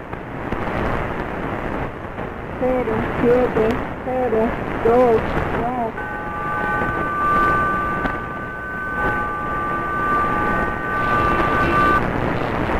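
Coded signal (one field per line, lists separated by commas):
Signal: numbers station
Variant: HM01, Spanish female voice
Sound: short clipped spoken words through static, then several long steady tones held together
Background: radio static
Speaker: Esa era la señal de una emisora de números en español seguidos de tonos largos en los 5855 khz captada en Venezuela Según dicen es la estación espía cubana catalogada como hm01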